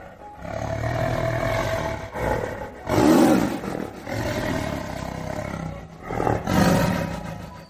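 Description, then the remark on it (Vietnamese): Fierce beasts roar in a series of deep, growling tiger-like bursts, with louder peaks around the third and seventh seconds over a continuous rumbling, snarling bed, as a fire tiger, a red-fire demon eagle, a rat and a golden python charge out roaring. No speech. “Hỏa tinh man hổ, xích hỏa yêu điêu, u minh thử, hoàng kim mãng cũng diệt ra, tê minh mà gào thét, khí tức bạo phát, nhất thời để bốn phía bạo động.”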